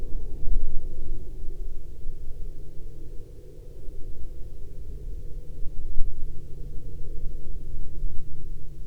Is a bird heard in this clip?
no